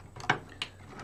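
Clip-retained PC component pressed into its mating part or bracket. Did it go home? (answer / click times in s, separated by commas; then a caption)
partly / 0.3 s. During a PC build, a clip-retained component is lined up so the little clips on two parts meet, then pushed down together into its mating part or bracket. A sharp click sounds at 0.3 s, with a fainter tap just before and another at about 0.6 s. Only one of the two retention clips seats, and it ends up where it can no longer be reached.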